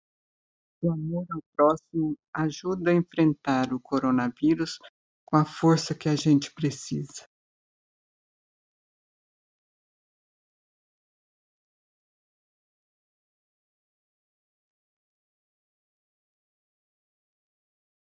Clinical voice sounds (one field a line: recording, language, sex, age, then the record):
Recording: spoken sentence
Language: Brazilian Portuguese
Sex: female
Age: 60 to 69 years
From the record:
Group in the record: control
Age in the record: 62 years